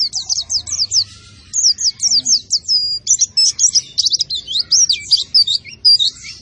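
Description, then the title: White-eye song, a rapid run of high thin chirps and twittered notes in short bursts, with brief pauses between phrases. Described as a vigorous singer without doping, fed only banana. "Pleci Gacor Tanpa Doping Hanya Pake Pisang"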